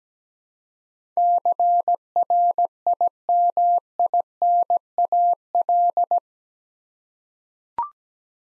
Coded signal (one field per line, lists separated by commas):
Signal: Morse code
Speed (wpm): 17 wpm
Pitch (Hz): 700 Hz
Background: none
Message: CRIMINAL